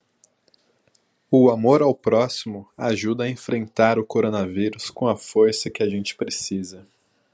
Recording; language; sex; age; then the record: spoken sentence; Brazilian Portuguese; male; 20 to 29 years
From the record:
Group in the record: control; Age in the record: 28 years